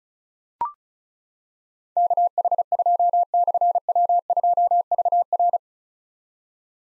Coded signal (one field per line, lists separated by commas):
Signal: Morse code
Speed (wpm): 36 wpm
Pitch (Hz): 700 Hz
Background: none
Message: KH2/W2VR